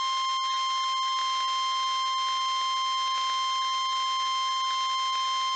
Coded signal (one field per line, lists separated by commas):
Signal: Emergency Alert System (SAME) tones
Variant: 1050 Hz attention tone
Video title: An Early Thanksgiving Tests (EAS #23374-23383) 11/20/24